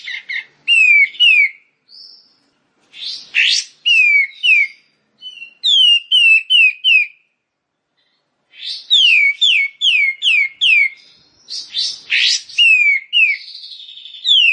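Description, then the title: Bar-winged prinia song: rapid series of sharp, downward-slurred whistled notes, repeated in short bursts with pauses between them. Rice-field (sawah) variety. "Ciblek Sawah 1"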